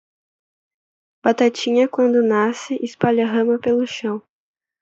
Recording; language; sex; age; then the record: short text; Brazilian Portuguese; female; 20 to 29 years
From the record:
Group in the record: control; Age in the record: 20 years